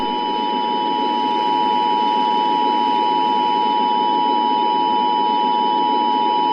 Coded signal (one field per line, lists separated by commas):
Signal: Emergency Alert System (SAME) tones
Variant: 853 and 960 Hz attention tone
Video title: EAS Scenario: The Coldest Day Ever Recorded in History #easscenario #heavysnowfall